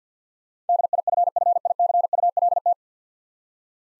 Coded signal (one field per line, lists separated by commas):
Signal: Morse code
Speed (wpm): 50 wpm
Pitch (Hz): 700 Hz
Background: none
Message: DIFFICULT